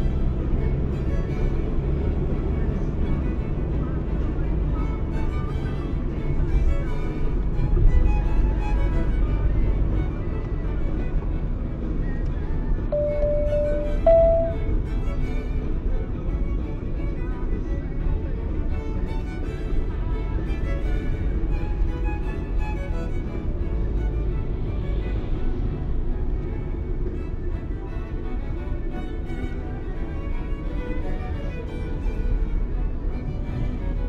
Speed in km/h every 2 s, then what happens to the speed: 50, 55, 52, 49, 52, 54, 41, 36, 30, 28, 32, 33, 37, 33, 31, 28, 26.
0-10 steady at about 52. 10-16 brakes to 30. 16-25 steady at about 32. 25-34 slows to 26.